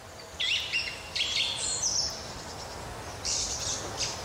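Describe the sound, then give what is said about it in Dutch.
A song thrush sings in autumn to defend its territory, in short, high-pitched phrases of bright trills and whistles, repeated several times with brief pauses between them. No one speaks, and a faint low rumble continues underneath. “Ook in de herfst en de winter wordt het territorium verdedigd tegen kapers op de kust. En dus wordt er gezongen.”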